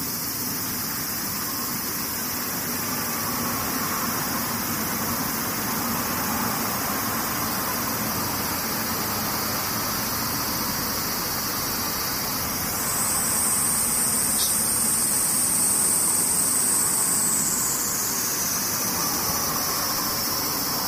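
Cicadas drone in a steady, dense high-pitched hiss, rising into a brighter, louder buzz from about 13 to 18 seconds over a low rumble.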